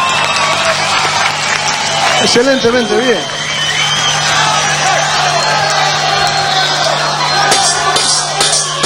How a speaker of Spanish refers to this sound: Un aplauso para el público de parte de la …